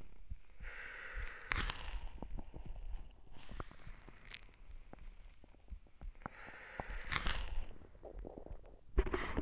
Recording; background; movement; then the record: deep breathing; quiet; sitting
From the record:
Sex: male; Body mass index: 20.6 kg/m2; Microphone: on the chest, facing the body